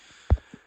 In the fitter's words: to lift up the lid of the printer until it clicks in place and holds itself up.